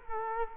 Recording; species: mosquito wingbeat signal from an infrared sensor; Culex quinquefasciatus